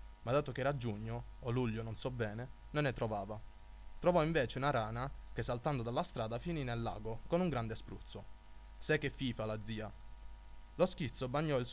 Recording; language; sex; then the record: read passage; Italian; male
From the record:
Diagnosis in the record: healthy control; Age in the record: 20 years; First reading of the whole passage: 41 s, 12.5 characters per second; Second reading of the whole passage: 40 s, 12.9 characters per second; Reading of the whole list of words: 46 s, 6.1 characters per second